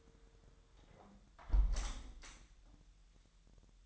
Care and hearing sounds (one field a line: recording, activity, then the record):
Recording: daily activity, microphone in the room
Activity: close window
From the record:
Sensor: 3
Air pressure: 999.9 hPa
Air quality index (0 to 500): 228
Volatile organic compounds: 102 ppm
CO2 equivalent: 3766 ppm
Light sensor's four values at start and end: 10/23/9/9 and 9/22/9/9